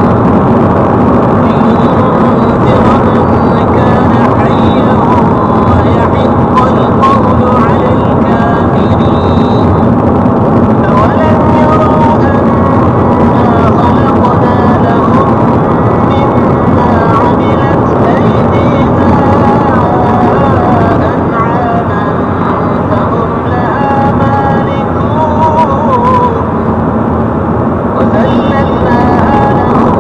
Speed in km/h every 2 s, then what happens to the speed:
102, 100, 100, 100, 102, 104, 105, 105, 106, 103, 100, 94, 93, 89, 91.
0-17 steady at about 102. 17-25 slows to 89.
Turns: none.